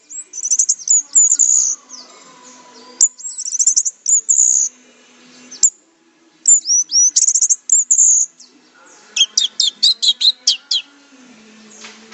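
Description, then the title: Orange-headed thrush delivering rapid high chattering phrases and swooping whistles in clusters, with a brief silent gap midway. "Anis Merah"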